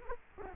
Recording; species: mosquito wingbeat signal from an infrared sensor; Culex quinquefasciatus